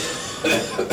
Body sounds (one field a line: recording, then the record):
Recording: coughing mixed with background sound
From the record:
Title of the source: Cough Around the Clock!